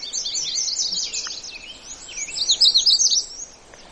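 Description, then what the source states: Magnolia Warbler song: short, high warbled phrases, loudest in the second half. Singing in a patch of mixed woods full of warblers in boreal forest of northeastern Minnesota.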